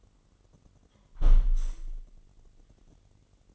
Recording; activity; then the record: daily activity, microphone in the room; close window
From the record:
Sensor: 4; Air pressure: 999.5 hPa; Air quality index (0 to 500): 105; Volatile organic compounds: 2 ppm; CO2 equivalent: 1041 ppm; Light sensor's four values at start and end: 12/29/12/13 and 12/29/12/13